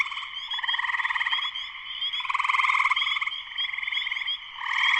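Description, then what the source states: Spring peepers chorusing without pause, bright repeated peeps mixed with throbbing trills that grow louder midway and again at the end. Full chorus shortly after sunset, Sleeping Bear Dunes National Lakeshore, northern Michigan, USA.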